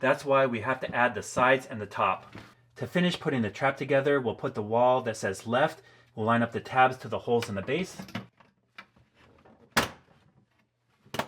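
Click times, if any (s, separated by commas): 9.8 s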